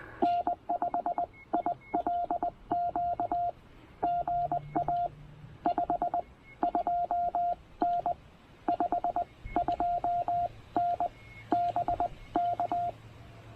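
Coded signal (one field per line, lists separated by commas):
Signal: Morse code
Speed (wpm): 20 wpm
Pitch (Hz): 700 Hz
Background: none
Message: N5ILQ GA 5 2N 52N BK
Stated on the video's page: QRP CW park activation on 20 and 40 meters.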